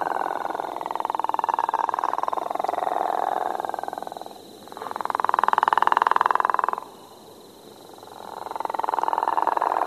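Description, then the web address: Gopher frog calls, long pulsed snores that swell, one after another with short dips between them. "Frog Calls Rana capito - Gopher Frog"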